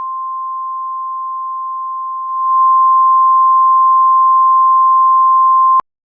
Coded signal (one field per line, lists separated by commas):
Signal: Emergency Alert System (SAME) tones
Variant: 1050 Hz attention tone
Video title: (Eas scenario) red or green